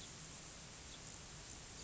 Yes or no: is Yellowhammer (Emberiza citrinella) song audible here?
no